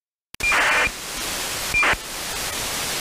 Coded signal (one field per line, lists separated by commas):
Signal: ACARS aircraft data